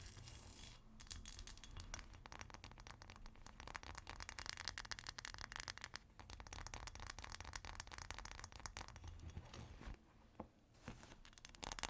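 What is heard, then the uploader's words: Ice being tapped and scratched in a dense, steady run of fast, crinkly scraping and tiny clicks, bright and gritty throughout. A low rumble sits underneath. The sound drops out briefly around six seconds and again near ten seconds before resuming. ASMR Ice Tapping & Scratching (No Talking).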